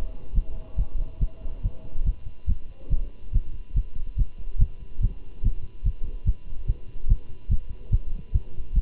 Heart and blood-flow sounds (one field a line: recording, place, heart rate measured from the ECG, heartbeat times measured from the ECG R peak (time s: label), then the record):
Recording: heart sounds by stethoscope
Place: between the tricuspid and mitral areas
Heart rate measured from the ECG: 143 bpm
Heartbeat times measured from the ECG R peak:
0.35 s: heartbeat
0.78 s: heartbeat
1.21 s: heartbeat
1.64 s: heartbeat
2.06 s: heartbeat
2.48 s: heartbeat
2.91 s: heartbeat
3.34 s: heartbeat
3.76 s: heartbeat
4.18 s: heartbeat
4.60 s: heartbeat
5.02 s: heartbeat
5.44 s: heartbeat
5.85 s: heartbeat
6.27 s: heartbeat
6.68 s: heartbeat
7.10 s: heartbeat
7.51 s: heartbeat
7.92 s: heartbeat
8.34 s: heartbeat
8.75 s: heartbeat
From the record:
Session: Bruce protocol treadmill stress test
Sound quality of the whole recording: good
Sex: male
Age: 25 years